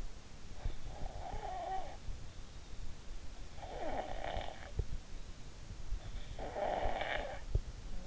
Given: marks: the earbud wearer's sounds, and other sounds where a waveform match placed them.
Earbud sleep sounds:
sounds in sleep by an in-ear microphone; snoring breath
0.45-2.52 s: snoring breath
3.37-5.26 s: snoring breath
6.00-8.07 s: snoring breath

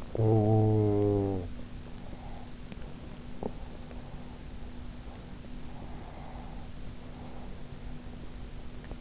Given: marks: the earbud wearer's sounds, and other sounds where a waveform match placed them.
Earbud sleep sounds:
sounds in sleep by an in-ear microphone; snoring breath, breath, teeth grinding
0.10-1.52 s: snoring breath
1.92-4.40 s: breath
3.37-3.55 s: teeth grinding
5.61-7.61 s: breath

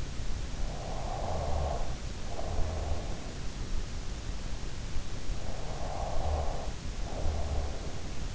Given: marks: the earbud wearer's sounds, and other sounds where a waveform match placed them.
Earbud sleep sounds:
sounds in sleep by an in-ear microphone; snoring breath, breath
0.57-3.44 s: snoring breath
5.21-8.35 s: breath

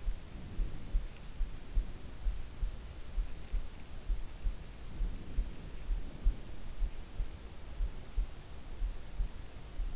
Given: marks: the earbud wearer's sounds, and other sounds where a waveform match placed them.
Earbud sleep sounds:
sounds in sleep by an in-ear microphone; breath
0.00-2.42 s: breath
4.89-7.00 s: breath

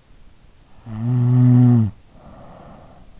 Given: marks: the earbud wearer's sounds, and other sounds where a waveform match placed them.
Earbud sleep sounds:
sounds in sleep by an in-ear microphone; snoring breath
0.72-3.18 s: snoring breath

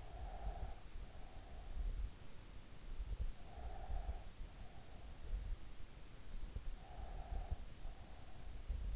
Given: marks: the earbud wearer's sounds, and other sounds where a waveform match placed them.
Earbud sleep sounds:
sounds in sleep by an in-ear microphone; breath
0.00-1.75 s: breath
3.56-5.55 s: breath
6.68-8.38 s: breath

